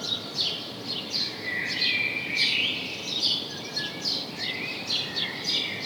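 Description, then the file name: House sparrow chattering with overlapping short chirps, busy and irregular throughout, accompanied by faint lower twittering and steady background noise. "Passer domesticus"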